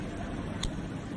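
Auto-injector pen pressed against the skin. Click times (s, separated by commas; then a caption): 0.6 s. A methotrexate auto-injector pen is pressed down against the skin at the injection site and fires with a single sharp click at 0.6 s over a steady low background rumble. The click shows the pen has fired; a second click marks the end of the injection, and the clicks are meant to help users who are deaf.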